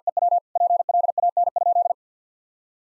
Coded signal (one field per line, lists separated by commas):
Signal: Morse code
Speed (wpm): 50 wpm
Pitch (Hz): 700 Hz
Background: none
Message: EW PLAN?